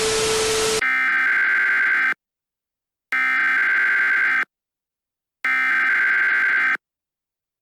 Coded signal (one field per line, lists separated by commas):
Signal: Emergency Alert System (SAME) tones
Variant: header bursts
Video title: EAS Scenario: it's outside [PREQUEL] - How It All Started